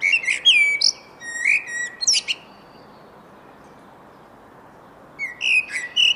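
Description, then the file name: Eurasian blackbird delivering a run of rich whistled notes with high squeaky flourishes, then a pause of nearly three seconds before another phrase begins. "Turdus merula"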